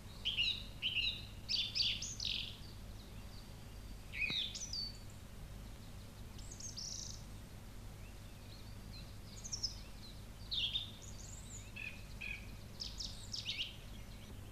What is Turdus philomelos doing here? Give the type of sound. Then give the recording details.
song. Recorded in the wild. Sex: male. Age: adult. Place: Treffen am Ossiacher See, Ossiachersee, Kärnten, AT. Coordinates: 46.67, 13.942. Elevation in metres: 550. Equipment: Hornyphon, Phillips Mikrofon. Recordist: Brunner, Thomas